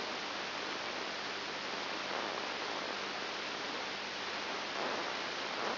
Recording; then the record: brain microelectrode recording played as sound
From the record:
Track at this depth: inside the subthalamic nucleus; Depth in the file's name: 4.901 mm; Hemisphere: left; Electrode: 3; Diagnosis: Parkinson's disease